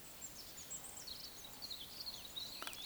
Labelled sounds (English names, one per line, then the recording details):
Eurasian Woodcock croak
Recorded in Baden-Württemberg, Germany, on 20 May 2021 at 19:34 UTC
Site 24606, 635 m above sea level